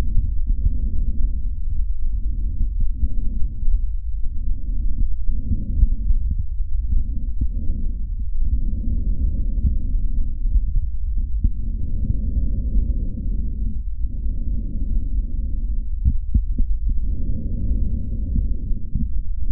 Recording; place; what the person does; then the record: lung sounds by stethoscope; trachea; quiet breathing, then deep breathing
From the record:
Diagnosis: asthma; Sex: female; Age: 65 years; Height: 157 cm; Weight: 70.2 kg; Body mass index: 28.5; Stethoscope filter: bell mode